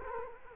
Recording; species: mosquito wingbeat signal from an infrared sensor; Culex quinquefasciatus